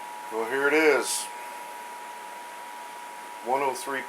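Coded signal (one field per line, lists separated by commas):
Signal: Emergency Alert System (SAME) tones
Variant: 853 and 960 Hz attention tone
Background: speech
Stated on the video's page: Real national EAS test heard on a local TV broadcast in Des Moines.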